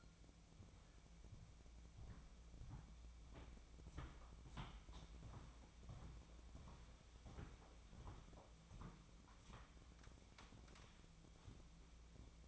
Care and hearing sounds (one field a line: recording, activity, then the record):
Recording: daily activity, microphone in the room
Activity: walk to room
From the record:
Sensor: 1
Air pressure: 1000.0 hPa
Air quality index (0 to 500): 132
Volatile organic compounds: 2 ppm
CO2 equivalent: 1250 ppm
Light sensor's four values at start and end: 41/103/43/54 and 41/104/43/54